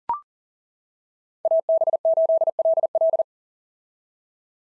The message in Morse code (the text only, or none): AB8LL